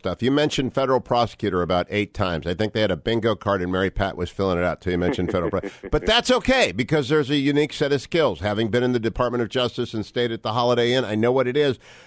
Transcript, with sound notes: You mentioned federal prosecutor about eight times. I think they had a Bingo card, and Mary Pat was filling it out until you mentioned federal prosecutor. (laughing) But that’s okay, because there’s a unique set of skills. Having been in the Department of Justice and stayed at the Holiday Inn, I know what it is.